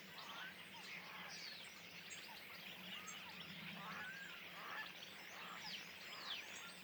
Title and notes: Le Louroux, Loches, Indre-et-Loire, Centre-Val de Loire, France métropolitaine, 37240, France - étourneaux sansonnet dans les arbres. Nuée d'étourneaux posés dans un arbre aux abords de l'étang du louroux